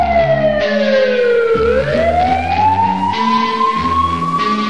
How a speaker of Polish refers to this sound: Usłyszysz syrenę, już wiesz, to rządzi miasto.